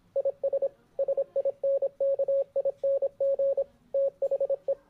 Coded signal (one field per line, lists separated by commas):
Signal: Morse code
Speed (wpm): 26 wpm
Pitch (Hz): 550 Hz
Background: none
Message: IS SINKING THE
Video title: Morse Code